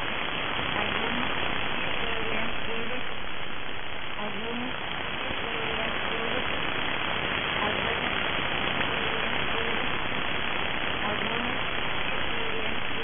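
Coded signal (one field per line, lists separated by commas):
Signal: numbers station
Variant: S06s, Russian female voice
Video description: Preamble begins at 0:20 and is repeated until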